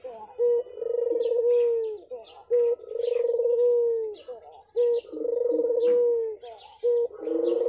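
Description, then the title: Barbary dove calling steadily, each phrase a quick note and a drawn-out purring coo, repeating every couple of seconds, with scattered high chirps in the background. Barbary dove, white form, recorded as a training (masteran) track for songbirds. "Masteran Burung Puter Putih"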